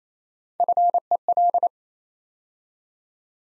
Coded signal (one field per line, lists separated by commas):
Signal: Morse code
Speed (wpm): 27 wpm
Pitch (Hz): 700 Hz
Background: none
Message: FEL